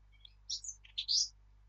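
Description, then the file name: Eurasian blackcap giving a brief burst of song: a few high warbled notes, the last the loudest. "Sylvia atricapilla"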